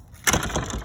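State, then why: Seated. A MightyMule Bulldog electronic gate lock catches onto the metal gate latch as the gate closes. A loud burst of rattling starts around 0.3 s, followed by sharp clicks at 0.6 s and 0.7 s. The lock grabs the latch and the gate is locked.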